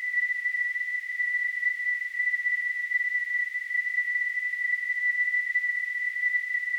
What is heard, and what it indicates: Tinnitus.